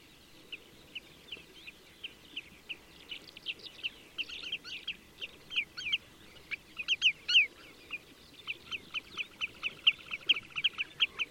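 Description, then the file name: Marsh Sandpiper calls: busy high chattering of short sharp notes, building to a dense burst midway and continuing in clusters, over a low steady background hiss. "Chevalier Stagnatile"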